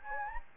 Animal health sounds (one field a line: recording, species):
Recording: mosquito wingbeat signal from an infrared sensor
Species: Anopheles gambiae